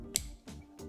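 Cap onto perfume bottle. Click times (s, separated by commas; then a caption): 0.2 s. A heavy cap is put back onto a fragrance bottle and clicks into place with a sharp, short click at 0.2 s. Two softer, duller sounds follow at about 0.5 s and 0.8 s. The cap is seated.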